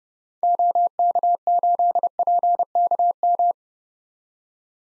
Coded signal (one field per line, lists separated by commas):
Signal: Morse code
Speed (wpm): 32 wpm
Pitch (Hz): 700 Hz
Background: none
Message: OK8PKM